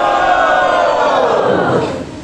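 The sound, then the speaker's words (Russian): A crowd shouts the chant "Hari Bol" together in one loud, sustained burst of many voices, the pitch sliding downward as the call fades out at the end. “Кто может это подтвердить? Громко крикните «Хари Бол».”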